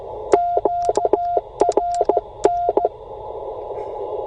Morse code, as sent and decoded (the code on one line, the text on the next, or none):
--.- .-. -.
QRN